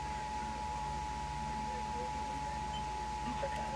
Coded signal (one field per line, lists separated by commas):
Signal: Emergency Alert System (SAME) tones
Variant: 853 and 960 Hz attention tone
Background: speech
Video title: EAS 847 - Severe Thunderstorm Warning (TV)